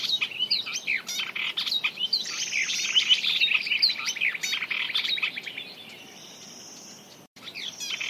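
Birds chirping in a dense, busy chorus of quick overlapping high chirps. It thins later into a steady high buzzing tone.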